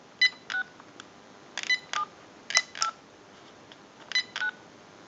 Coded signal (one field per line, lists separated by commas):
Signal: DTMF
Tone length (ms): 90 ms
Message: 6 7 8 9